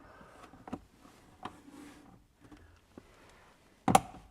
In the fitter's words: Clicks into place, and now